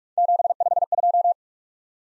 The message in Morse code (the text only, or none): 752